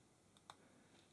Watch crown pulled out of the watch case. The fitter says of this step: two clicks as you can see we can hack that movement